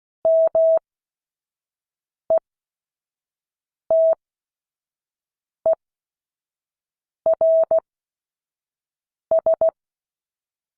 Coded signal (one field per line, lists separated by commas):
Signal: Morse code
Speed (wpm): 16 wpm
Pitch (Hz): 650 Hz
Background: none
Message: METERS